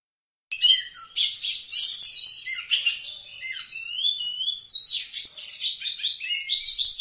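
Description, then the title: Oriental magpie-robin launching after a brief silence into continuous high song of tumbling whistles, trills and rasping notes. Singing actively, described as gacor. "Kacer Gacor"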